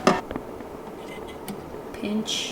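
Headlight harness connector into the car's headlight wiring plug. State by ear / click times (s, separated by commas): seated / 0.1 s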